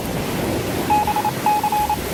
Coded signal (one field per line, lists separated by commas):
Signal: Morse code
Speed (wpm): 28 wpm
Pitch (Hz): 840 Hz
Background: none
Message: BC